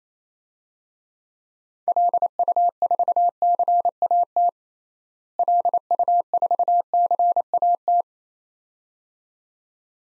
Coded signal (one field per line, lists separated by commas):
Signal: Morse code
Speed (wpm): 28 wpm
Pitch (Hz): 700 Hz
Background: none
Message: LU4CAT LU4CAT